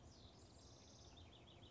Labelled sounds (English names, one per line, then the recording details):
House Wren
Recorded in Sonoma County, California